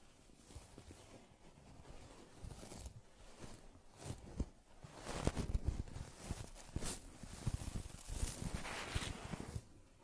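Soft brushing, rubbing and scratching sounds from grooming a teddy bear, with quick strokes repeating irregularly throughout. The rustling grows denser and louder after the midpoint, with brighter swishes around five to nine seconds, then eases near the end.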